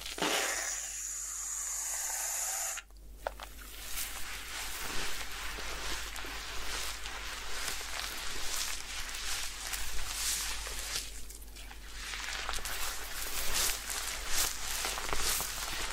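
A head spa session opens with nearly three seconds of steady, bright hissing, like spraying water, that stops abruptly. After that, dense scratchy rustling and crackling of fingers working through hair fills the rest, with soft irregular taps, a brief lull near eleven seconds, and a faint low hum underneath.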